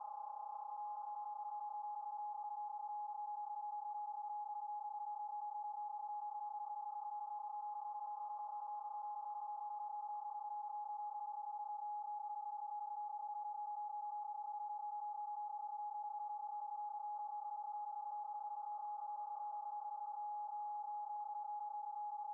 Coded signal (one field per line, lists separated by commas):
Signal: PSK31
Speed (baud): 31.25 baud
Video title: Showing off the FTDX10 PSK in the front DX near the end.